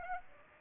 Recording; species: mosquito wingbeat signal from an infrared sensor; Aedes aegypti